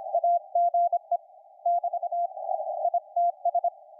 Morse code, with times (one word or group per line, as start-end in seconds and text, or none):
0.2-1.2 AGE
1.7-2.3 <BT>
2.8-3.7 ITS